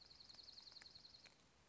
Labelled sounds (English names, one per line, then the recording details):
Dark-eyed Junco
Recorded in Sonoma County, California